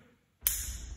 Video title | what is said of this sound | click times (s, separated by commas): Gents Clipper Cut with Frank Hackett | you'll hear that you'll hear the attachment clicking in | 0.5 s